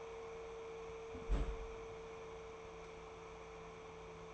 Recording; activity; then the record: daily activity, microphone in the room; close fridge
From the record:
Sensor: 1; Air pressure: 1014.9 hPa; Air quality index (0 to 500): 191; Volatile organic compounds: 21 ppm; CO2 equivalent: 2708 ppm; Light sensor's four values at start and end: 12/29/12/13 and 12/30/12/14